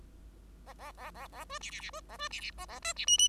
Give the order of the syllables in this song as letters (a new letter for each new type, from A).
A A A A A B C C C B A B C C A A D C E E